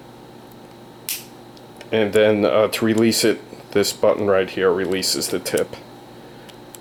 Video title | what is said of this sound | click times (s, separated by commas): New Travel Size - Waterpik Water Flosser WP-310 - Must See !! | put it in until it clicks, just like this. | 1.1 s